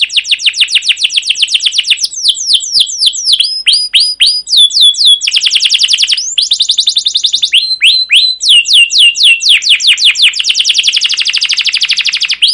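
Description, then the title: Canary song, a long rapid run of bright, descending chirps and trills that shift in pattern every second or two, with a steady rolling rhythm. Singing canary used as a lure to train other canaries; described as chirping with long rolling song. "CUIT CUIT NGEROL LANGSUNG GACOR PANJANG Kenari Ini AMPUH Utk Pancingan KENAR. Masteran Suara Burung Kenari Gacor Panjang cuit cuit Ngerol untuk Pancingan Kenari!"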